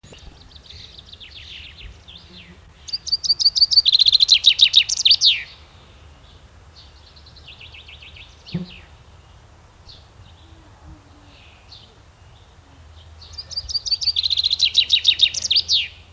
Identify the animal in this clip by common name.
Common Chaffinch